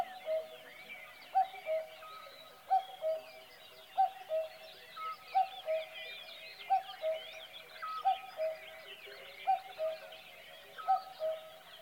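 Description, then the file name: Cuckoo giving its steady two-note cuckoo call, the second note lower, repeated at a regular pace over and over, with a lively chorus of small birds behind. "minutes of cuckoos"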